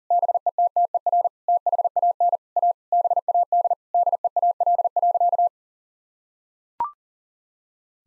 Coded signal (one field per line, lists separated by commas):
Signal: Morse code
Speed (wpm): 37 wpm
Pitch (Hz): 700 Hz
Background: none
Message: BETTER THAN A BAD DEAL.